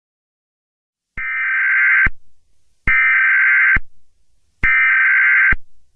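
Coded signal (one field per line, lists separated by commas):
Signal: Emergency Alert System (SAME) tones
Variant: header bursts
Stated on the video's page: Fictional EAS scenario, simulated rather than a real alert.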